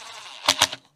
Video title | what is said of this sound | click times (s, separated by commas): "Démontage et Réparation d'une Pompe à Eau - Expérience et Dépannage !" | Vous avez vu, hein, ça s'est bien emboîté. | 0.5 s, 0.6 s